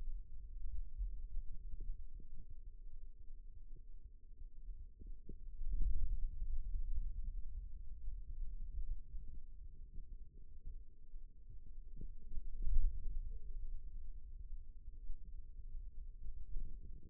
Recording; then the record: forearm muscle sounds (acoustic myography)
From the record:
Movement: ulnar deviation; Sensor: system 2, bracelet of six BSWA MPA416 microphones around the upper forearm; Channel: 3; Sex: male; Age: 22 years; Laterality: right